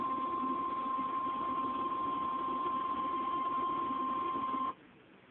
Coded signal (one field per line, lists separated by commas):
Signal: Emergency Alert System (SAME) tones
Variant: 1050 Hz attention tone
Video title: eas #11 Severe Thunderstorm Warning